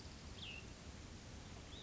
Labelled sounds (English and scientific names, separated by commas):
Cassin's Vireo (Vireo cassinii)